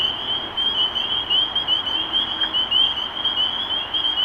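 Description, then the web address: Dense spring peeper chorus, high upward-slurred peeps overlapping into a continuous shrill ring. Recorded 23 March 2012. "rob animals Peepers-2012-0323"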